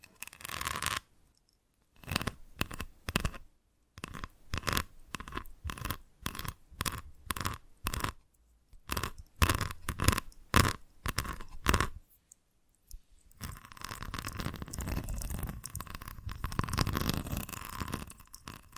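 Invisible tapping and scratching: quick, crisp bursts come in irregular clusters for the first thirteen seconds, with short silent gaps between them. After about 13 seconds the sound turns into a steady, continuous rough scratching that runs to the end.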